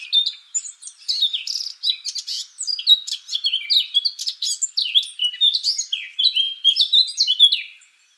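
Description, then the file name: Eurasian blackcap song: a fast, unbroken warble of varied chirps, slurred notes and rapid twittering, running almost without pause for about eight seconds. "Sylvia atricapilla"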